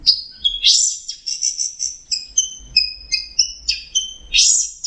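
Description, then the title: Orange-headed thrush song, a continuous run of high, varied whistled phrases mixed with buzzy rasping notes. "Burung Anis Merah"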